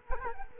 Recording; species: mosquito wingbeat signal from an infrared sensor; Culex quinquefasciatus